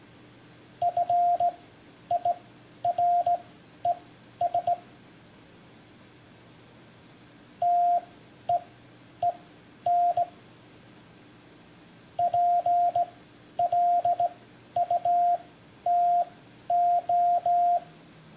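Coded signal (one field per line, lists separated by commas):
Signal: Morse code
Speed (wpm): 18 wpm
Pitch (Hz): 700 Hz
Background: radio noise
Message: FIRES TEEN PLUTO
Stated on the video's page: One minute of selected text sent in Morse as a listening practice drill.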